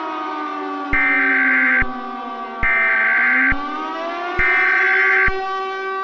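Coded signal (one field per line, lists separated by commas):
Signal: Emergency Alert System (SAME) tones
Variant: header bursts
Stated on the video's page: Fictional asteroid EAS heard from a VHS tape, with a VHS filter.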